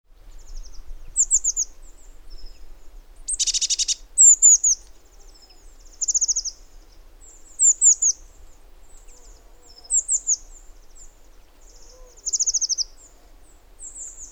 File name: Cyanistes caeruleus